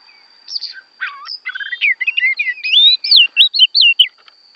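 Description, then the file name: Oriental magpie-robin song: a rich run of varied whistled notes, slurred up and down, speeding into rapid looping phrases, over a steady thin high whine. Oriental magpie-robin from Borneo; a recording meant for training other songbirds to copy its song (masteran). "kacer borneo"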